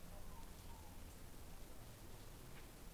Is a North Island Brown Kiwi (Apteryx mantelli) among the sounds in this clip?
no